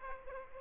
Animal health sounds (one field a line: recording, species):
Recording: mosquito wingbeat signal from an infrared sensor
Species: Aedes aegypti